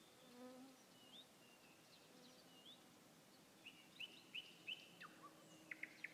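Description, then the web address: Nightingale song, soft: scattered notes, then a string of repeated notes and a few short chirps at the end. Song recorded 21 May 2016. "slowik-spiew-slowika-21-maja-2016-r"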